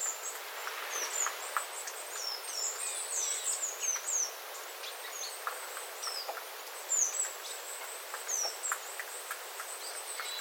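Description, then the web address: Small birds in a flock trading very high, thin calls and brief sweeping notes, often several at once, with occasional drips of water. Small flock calling, 9 September 2025, with water dripping from the eaves after rain. "paivat 9 9 2025 pikkulintuparven aantelya vesi tippuu raystaalta sateen jalkeen"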